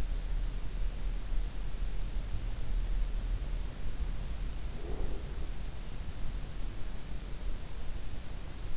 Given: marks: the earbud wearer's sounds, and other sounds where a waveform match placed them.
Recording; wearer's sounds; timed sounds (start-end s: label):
sounds in sleep by an in-ear microphone; breath
4.75-5.50 s: breath